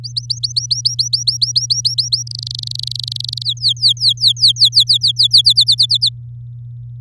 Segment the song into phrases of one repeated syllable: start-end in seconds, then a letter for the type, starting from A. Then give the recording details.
0.04-2.23 A, 2.27-3.43 B, 3.44-5.27 C, 5.31-6.09 D. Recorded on 8 May 2018 at 11:02. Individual llb16